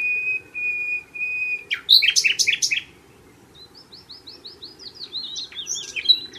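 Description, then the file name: Common nightingale singing a long steady pure whistle, then an explosive loud rattling trill, followed by a fast series of repeated rising whistled notes. "Luscinia megarhynchos"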